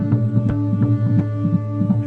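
Rapid, regular soft thumps with a whooshing quality ride over a steady low hum, at about 165 beats a minute. This is a fetal heartbeat heard in the womb, the heart of a baby, a fast, even rhythm typical of an unborn baby.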